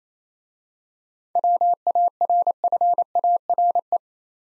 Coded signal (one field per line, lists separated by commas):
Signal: Morse code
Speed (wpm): 27 wpm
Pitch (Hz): 700 Hz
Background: none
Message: WARFARE